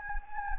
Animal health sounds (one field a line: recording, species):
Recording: mosquito wingbeat signal from an infrared sensor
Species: Anopheles gambiae